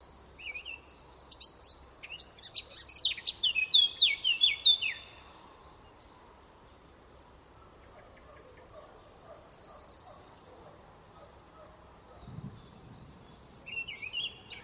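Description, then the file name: Eurasian blackcap song: a scratchy warble building into loud, rich whistled phrases for about four seconds, then quieter high twittering and a faint low rumble. "Sylvia atricapilla"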